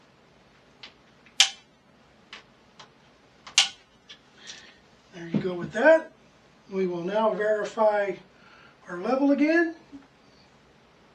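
A preset torque driver tightens the remaining steel scope ring screws on a rifle scope mount (Savage Model 64 Precision, Sig Sauer, Buckmasters, Caldwell Rock Jr). Faint ticks lead to loud, sharp click-outs at 1.4 s and 3.6 s, confirming the screws are torqued. Someone then talks.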